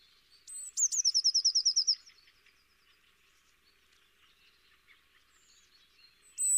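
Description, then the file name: Eurasian blue tit with one bright trill of rapid, even notes after a short high introductory note, then faint scattered chirps and a final high note. "Cyanistes caeruleus"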